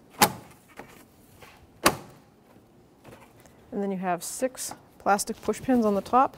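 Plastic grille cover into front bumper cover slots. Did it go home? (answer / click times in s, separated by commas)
yes / 1.9 s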